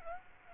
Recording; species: mosquito wingbeat signal from an infrared sensor; Aedes aegypti